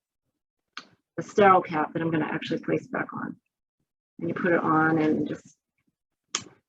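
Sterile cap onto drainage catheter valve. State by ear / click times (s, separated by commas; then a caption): seated / 6.3 s. Someone talks while a fresh plastic sterile cap is placed back onto the one-way valve of an indwelling pleural drainage catheter and pushed home. A single sharp click is heard at 6.4 seconds, showing the fresh cap is seated and working.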